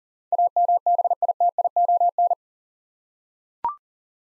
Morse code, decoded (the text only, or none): AMBITION